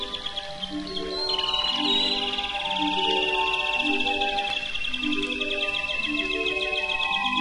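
Canary song, a fast continuous rolling trill with short whistled notes, accompanied by soft melodic background music.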